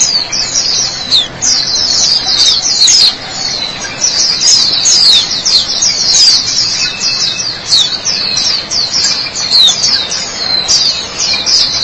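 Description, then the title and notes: White-eye song, a long run of rapid, high, thin chattering phrases with brief dips, steady and busy throughout with little else heard. Chirping song. "Suara kicauan burung pleci"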